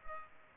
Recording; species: mosquito wingbeat signal from an infrared sensor; Culex pipiens